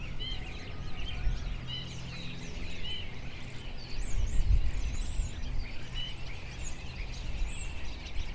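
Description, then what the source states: Birds: bird chorus of scattered whistles and chirps, some looping up and down, with a heavy rotor rumble underneath that swells midway. Birds recorded together with a helicopter.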